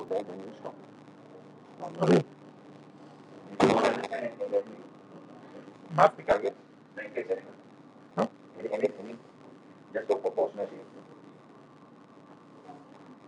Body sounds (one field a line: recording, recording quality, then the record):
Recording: shallow breathing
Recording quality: moderate, slight background noise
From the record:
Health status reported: exposed to COVID-19, no respiratory illness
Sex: male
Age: 31 years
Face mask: not worn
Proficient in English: yes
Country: India